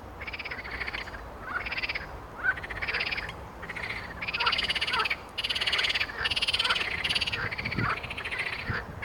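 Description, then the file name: Frog chorus, dense overlapping croaking pulses in repeated bursts, many callers rattling together with brief lulls between waves. Frog chorus described as a concert. "zabi koncert"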